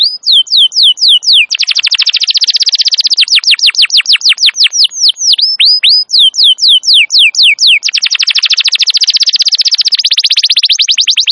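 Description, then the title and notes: Canary singing a varied song, alternating fast buzzy trills with series of slower swooping whistled notes, each tour repeated evenly before switching. Wild canary song used as a master recording for luring and training canaries; described as a long, highly active singer. "Pikat Kenari GACOR PANJANG INI Cocok Untuk Masteran KENARI LIAR. Masteran burung kenari gacor parah"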